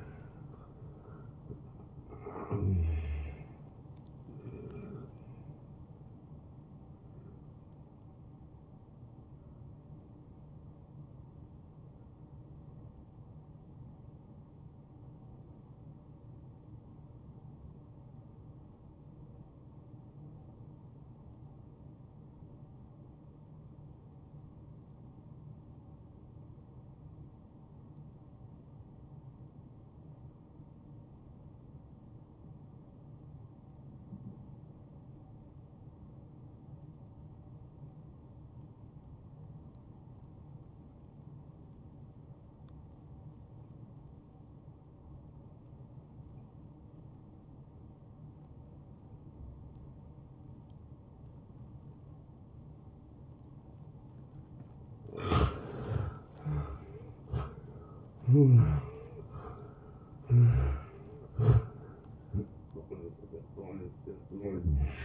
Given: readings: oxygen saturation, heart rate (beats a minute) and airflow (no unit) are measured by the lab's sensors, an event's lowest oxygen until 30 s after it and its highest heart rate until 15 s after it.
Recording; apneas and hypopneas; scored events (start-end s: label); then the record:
breathing in sleep by a smartphone at the bedside; 1
7.00-37.00 s: new sleep stage, N1 (lightest sleep)
10.00-54.30 s: hypopnea (N1, oxygen 96% highest, then 81% lowest)
37.00-65.05 s: new sleep stage, N2 (light sleep)
From the record:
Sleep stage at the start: N2 (light sleep); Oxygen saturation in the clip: 81 to 96%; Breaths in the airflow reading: 6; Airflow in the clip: -15.5 to 10.2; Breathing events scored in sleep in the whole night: 263 in 5.5 hours asleep